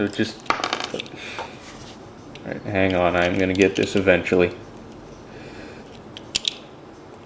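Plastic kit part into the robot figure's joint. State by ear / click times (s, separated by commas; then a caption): not seated / none. Someone works a plastic part from a Brave Kabaya wave 1 toy model kit into its socket on the robot figure's joint, producing sharp plastic ticks and rattles early on and two sharp clicks near the end, while someone talks in the middle. The part is still being handled, and nothing has seated or clicked into place yet.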